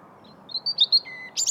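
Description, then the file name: European robin song fragment: thin high whistles, a short lower sustained note, then a quick high twitter. "Erithacus rubecula"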